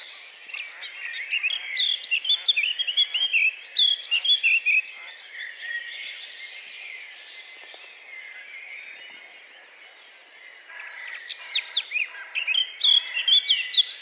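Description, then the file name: Eurasian blackcap warbling in quick, varied, twittering bursts early and late, with fainter song in between. "Sylvia atricapilla"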